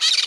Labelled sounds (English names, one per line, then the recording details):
Brown-throated Parakeet contact call
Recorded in Margarita
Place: San Francisco, near stadium
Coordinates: 11.018, -64.294